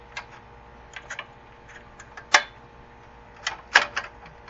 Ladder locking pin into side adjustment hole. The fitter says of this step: sure you hear the click and it goes in all the way